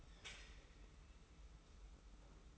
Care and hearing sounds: daily activity, microphone in the room; take from stove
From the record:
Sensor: 1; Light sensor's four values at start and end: 36/116/46/47 and 36/116/46/47

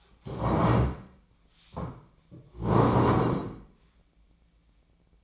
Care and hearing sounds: daily activity, microphone in the room; stand up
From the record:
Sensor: 1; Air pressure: 1012.3 hPa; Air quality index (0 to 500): 172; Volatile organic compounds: 3 ppm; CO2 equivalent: 1419 ppm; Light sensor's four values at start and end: 47/127/52/64 and 48/130/53/65

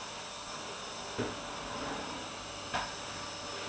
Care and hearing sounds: daily activity, microphone in the room; vacuum cleaning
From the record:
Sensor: 2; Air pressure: 1007.5 hPa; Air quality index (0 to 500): 32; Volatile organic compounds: 1 ppm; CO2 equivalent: 520 ppm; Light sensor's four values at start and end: 7/15/6/6 and 7/15/6/6

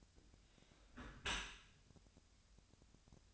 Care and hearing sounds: daily activity, microphone in the room; close dishwasher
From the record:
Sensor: 2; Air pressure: 1006.6 hPa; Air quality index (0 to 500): 202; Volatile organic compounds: 14 ppm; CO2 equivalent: 2467 ppm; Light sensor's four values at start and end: 9/21/9/9 and 9/21/9/9

